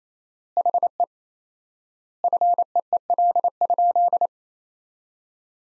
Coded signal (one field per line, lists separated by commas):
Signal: Morse code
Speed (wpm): 28 wpm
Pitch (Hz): 700 Hz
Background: none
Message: HE FEEL?